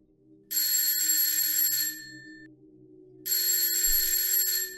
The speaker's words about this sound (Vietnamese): Chuông giải lao vang lên.